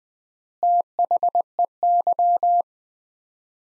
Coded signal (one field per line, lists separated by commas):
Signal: Morse code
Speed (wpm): 20 wpm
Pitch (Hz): 700 Hz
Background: none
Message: THEY